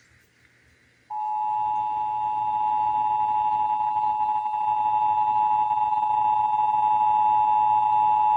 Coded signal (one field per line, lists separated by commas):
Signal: Emergency Alert System (SAME) tones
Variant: 853 and 960 Hz attention tone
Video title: (EAS #904-911) July 2025 Texas Required Monthly Test